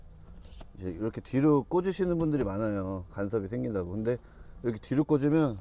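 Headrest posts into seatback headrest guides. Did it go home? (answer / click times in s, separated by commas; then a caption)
no / none. A rear-seat headrest's posts are pushed backwards, facing the rear, into the seatback headrest guides of a Kia Carnival 7-seater while a man talks throughout. Nothing has locked or clicked yet; reversed this way the headrest does not lock and simply slides back out, so in a crash it could move and hit the occupant's head.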